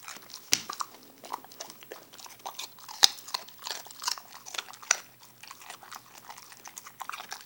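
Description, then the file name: Dog munching with loud crunches and sharp cracking bites scattered through a continuous stream of chewing noises. Puppy named Gabe eating a baby carrot. "creak-freak my-pup-gabe-eating-a-baby-carrot"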